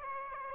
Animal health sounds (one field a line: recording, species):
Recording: mosquito wingbeat signal from an infrared sensor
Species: Aedes aegypti